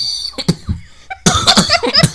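A few short coughs, a brief pause, then a run of harsh, voiced coughing bursts.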